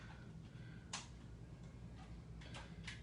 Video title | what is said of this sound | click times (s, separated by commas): TENS vs. EMS UNIT | so what happens here is it is snap into place and | 0.9 s